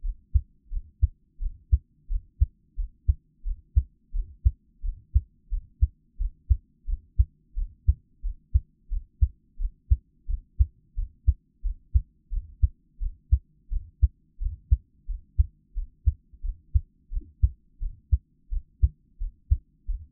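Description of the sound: Steady, regular low heartbeat thumps at about 88 beats per minute from an adult's own heart, recorded close up for ASMR, with no talking.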